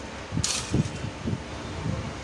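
Pressing the release on a locked toaster carriage frees the lever from its latch, and at 0.4 s there is a loud, sharp clack as the carriage pops up over steady background noise. The toaster is released and switched off.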